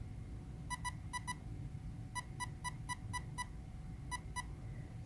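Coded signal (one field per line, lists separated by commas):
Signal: beep code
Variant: Castle Creations speed controller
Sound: buzzy electronic beeps: two pairs, then six short, pause, two short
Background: low rumble background noise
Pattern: 6 short, 2 short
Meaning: Selects the reverse motor direction option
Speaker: six short beeps followed by two short beeps would be reverse option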